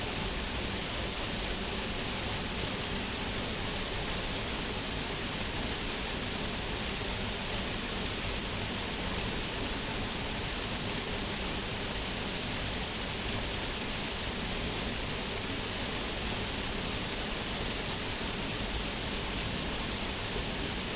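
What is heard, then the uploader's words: Water flows over rocks in a creek by a small waterfall, a dense, unbroken rush that holds steady for the whole clip. The sound is full, with a bright hiss on top and a softer low rumble underneath. Creek 1: Flowing Water. Today we sit by a creek near a small waterfall as the water flows over the rocks and further downstream.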